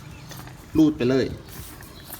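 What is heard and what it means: A plastic part of a STIHL FS250 brush cutter is pushed onto its locking shoulder while someone talks briefly. A faint tick is heard around 1.8 s, but nothing has seated or clicked yet.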